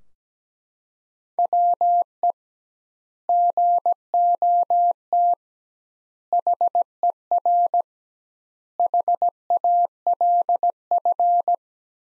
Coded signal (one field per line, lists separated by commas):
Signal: Morse code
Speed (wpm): 17 wpm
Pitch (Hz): 700 Hz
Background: none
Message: WE GOT HER HALF